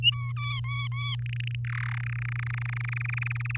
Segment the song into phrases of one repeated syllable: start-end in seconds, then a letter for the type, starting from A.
0.02-0.32 A, 0.36-1.15 B, 1.19-1.55 C, 1.65-1.98 D, 2.00-3.57 E